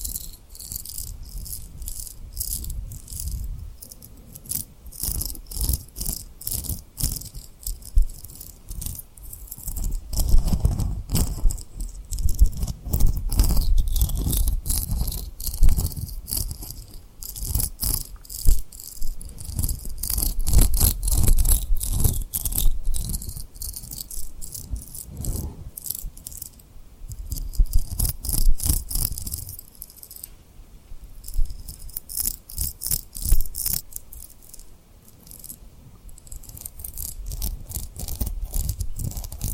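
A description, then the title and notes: Fingers tap and rub across a rhinestone surface, making dense, rapid clicks and gritty scratches that run without pause for the whole stretch. Low rumbling swells come and go every few seconds, and a thin high whistle hovers faintly above throughout. Tapping & Rubbing Rhinestone Lip Triggers.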